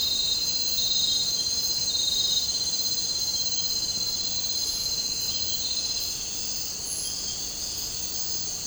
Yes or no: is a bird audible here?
no